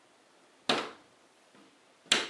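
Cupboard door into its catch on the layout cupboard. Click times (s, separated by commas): 2.1 s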